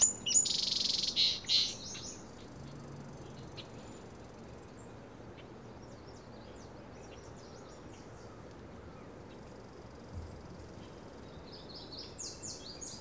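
Birds chirping: a loud burst of high chirps in the first two seconds, then faint scattered high twitters over a steady low background hiss.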